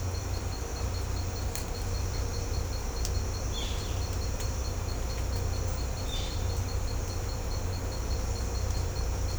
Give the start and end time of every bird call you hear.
3.50s-3.75s: bird call (2.0-5.0 kHz)
6.05s-6.31s: bird call (2.3-4.8 kHz)

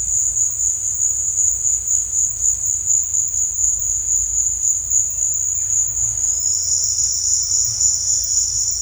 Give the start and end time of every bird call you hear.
6.04s-8.81s: bird call (4.5-6.5 kHz)

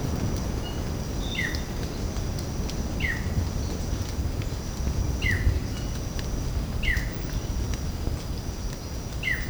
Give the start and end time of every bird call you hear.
1.26s-1.65s: bird call (1.6-3.9 kHz)
2.96s-3.32s: bird call (1.2-3.6 kHz)
5.17s-5.56s: bird call (1.4-3.7 kHz)
6.76s-7.15s: bird call (1.6-3.6 kHz)
9.21s-9.50s: bird call (1.6-3.4 kHz)

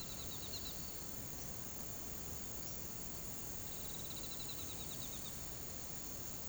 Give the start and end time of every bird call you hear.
0.00s-0.82s: bird call (2.3-4.7 kHz)
3.76s-5.36s: bird call (2.4-4.8 kHz)

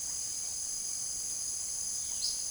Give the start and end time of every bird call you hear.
2.17s-2.40s: bird call (3.1-5.8 kHz)

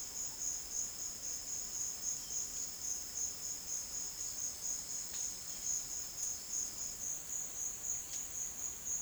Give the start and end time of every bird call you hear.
2.05s-2.47s: bird call (2.6-3.8 kHz)
7.99s-8.38s: bird call (2.2-5.2 kHz)

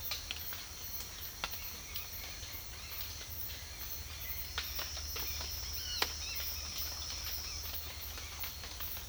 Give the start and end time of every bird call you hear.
1.51s-4.52s: bird call (1.6-2.8 kHz)
5.20s-7.62s: bird call (1.2-4.6 kHz)

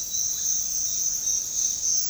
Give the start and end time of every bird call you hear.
0.48s-2.10s: bird call (1.0-4.2 kHz)

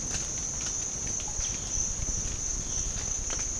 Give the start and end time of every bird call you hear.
1.15s-1.60s: bird call (1.7-5.0 kHz)
2.46s-2.96s: bird call (2.0-4.1 kHz)

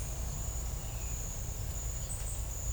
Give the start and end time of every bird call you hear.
1.95s-2.40s: bird call (7.5-9.0 kHz)

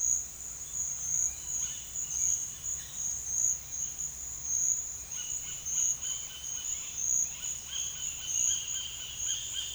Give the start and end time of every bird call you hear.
1.07s-3.04s: bird call (0.8-4.7 kHz)
5.01s-9.75s: bird call (0.6-4.5 kHz)

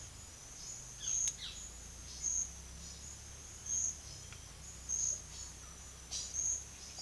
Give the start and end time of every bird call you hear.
0.88s-1.62s: bird call (1.2-5.4 kHz)

